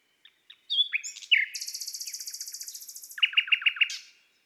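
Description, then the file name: Common nightingale song: soft opening notes, a swelling whistle, then a long fast buzzy rattle and a run of loud repeated chook notes. "Rossignol philomele Chants doiseaux des bois et des forets"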